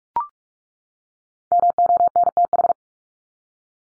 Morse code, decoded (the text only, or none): MONTH